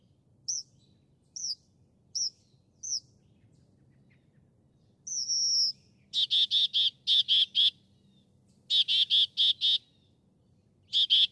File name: Northern Mockingbird